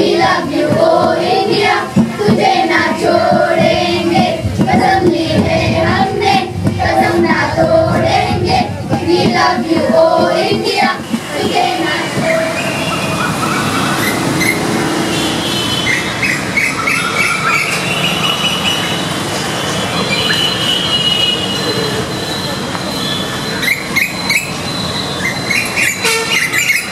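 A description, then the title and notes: Sounds at the Markhanda temple: a dense, busy wash of voices and clatter fills the first eleven seconds, then thins into a steadier hiss. Bird chirps and tweets come through throughout, with bright calls clustering more clearly in the later half. India Soundscape. Markhanda; Temple Sounds.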